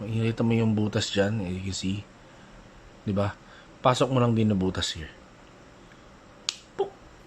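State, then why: Seated. A refillable pod is pushed into a SMOK RPM 40 pod mod vape body and seats with one sharp click at 6.5 seconds. Someone talks through the first five seconds, and a second, softer tick follows at about 6.8 seconds.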